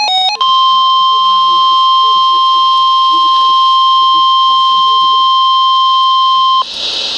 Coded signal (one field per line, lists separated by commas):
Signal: Emergency Alert System (SAME) tones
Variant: 1050 Hz attention tone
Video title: Flood Warning 4-18-13 (EAS#64-66) TRIPPLE HEADER